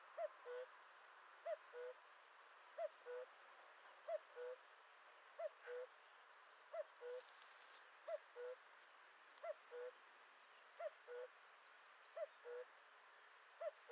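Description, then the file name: Common cuckoo repeating its classic two-note call, high then low, steadily every second or so across the whole stretch, with soft background hiss. "Le coucou"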